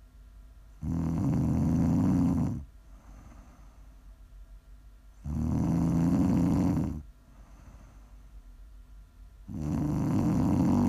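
ASMR snoring from an adult sleeper: three low, rumbling snores about 14 a minute, each roughly two seconds long, with quiet breathing between them.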